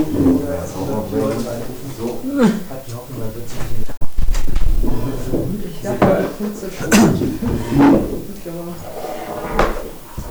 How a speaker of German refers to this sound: Tür zu machen.